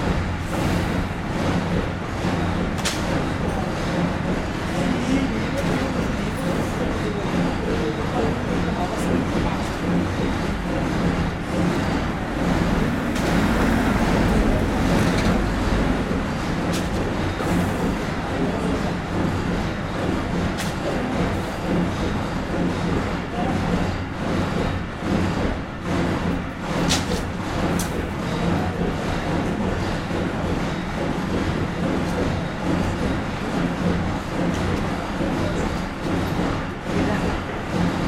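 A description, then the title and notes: A construction site hums with steady low engine rumble and scattered knocks and clanks, swelling louder around the middle, with faint voices. New school construction.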